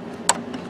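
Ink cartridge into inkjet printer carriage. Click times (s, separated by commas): 0.3 s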